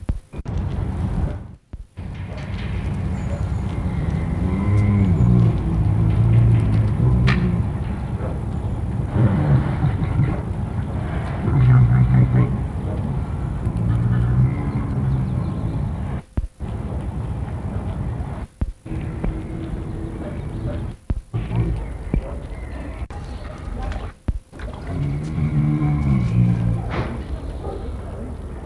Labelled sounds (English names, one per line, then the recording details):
Brown Bear call
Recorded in captivity
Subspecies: middendorffi
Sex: female
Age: adult
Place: Zoo Rostock, Mecklenburg-Vorpommern, DE
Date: 1962-05-04 14:00
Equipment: Minifon, Kopie Smaragd
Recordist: Tembrock, Günter
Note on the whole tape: Kodiakbär, Weibchen: seit Tagen in der Anlage, zeigt starke Fluchttendenzen vor jüngeren Tieren: läuft stereotyp an einer Seite hin und her, dabei Hecheln; bei Annäherung anderer Brummen, rhythmische Lautfolgen, Schnaufen und Stoßlaute